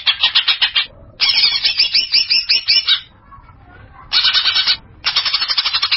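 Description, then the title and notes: Greater green leafbird song: short bursts of harsh, buzzy chattering notes in quick succession, broken by short pauses of up to about a second. A champion songbird singing. "Kicau Burung Cucak Ijo Juara. Suara kicauan burung cucak ijo"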